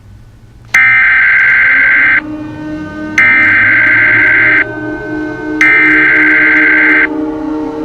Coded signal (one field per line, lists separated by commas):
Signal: Emergency Alert System (SAME) tones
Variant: header bursts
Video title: EAS Scenario TikTok